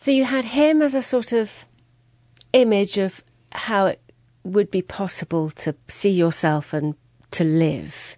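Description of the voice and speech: A woman speaks clearly and fluently in a conversational interview, with a steady low hum behind her.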